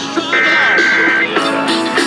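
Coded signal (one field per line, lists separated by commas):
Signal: Emergency Alert System (SAME) tones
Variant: header bursts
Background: speech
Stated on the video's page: National Periodic Test from FEMA captured by DXing AM/FM broadcast stations, some messages crystal clear.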